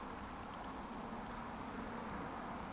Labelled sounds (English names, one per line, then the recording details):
Eurasian Woodcock whistle
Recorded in Baden-Württemberg, Germany, on 13 June 2020 at 20:38 UTC
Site 14569, 102 m above sea level